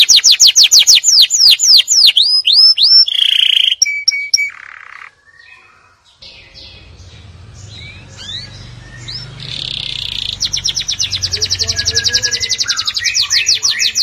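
Atlantic canary song with quick descending whistled notes and short buzzy tours, falling quiet midway with a low hum, then resuming with a fast rattling trill.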